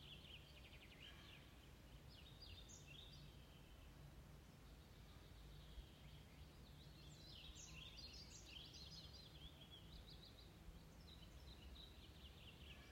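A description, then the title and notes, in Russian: Spring birds sing near a lake. Several chirps and trills arrive in bursts, busiest between seconds seven and nine and again near eleven. Beneath them sits a steady low rumble, like wind or traffic, that never lets up. Пение майских птиц у озера Глубокое. В мае 2022 года я была в йога-холле "Глубокое" на берегу одноименного озера.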